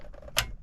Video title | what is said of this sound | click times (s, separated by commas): Unhelpful Tips About Car Radios - '91 Bronco Part #1 | don't force it and you hear click make sure both sides click in it's in | 0.4 s